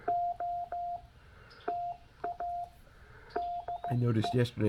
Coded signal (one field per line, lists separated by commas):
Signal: Morse code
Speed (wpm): 15 wpm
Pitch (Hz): 700 Hz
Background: speech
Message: O TA DE